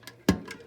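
The plastic cap of an American Standard Champion 4 toilet flush valve is turned about half a dozen times onto the flush valve body in the tank. A sharp click at 0.3 s marks the cap settling into its resting spot, with fainter ticks near 0.1 s and 0.5 s. The cap is seated.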